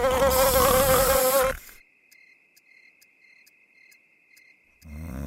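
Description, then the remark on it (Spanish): In a Raid double-action insecticide advertisement, loud, wavering buzzing of flies fills the opening, then drops to a thin, steady high-pitched mosquito whine with faint regular ticking before the heavy buzz briefly returns. “Raid doble acción. Mata moscas y zancudos.”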